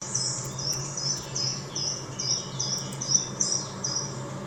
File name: gartenbaumläufer